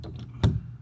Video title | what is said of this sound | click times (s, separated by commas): PELICAN Pikes Run 100 KAYAK Review. *Cheapest Walmart Kayak* | of just clicks into place and then you're good to go and this is also adjustable | 0.4 s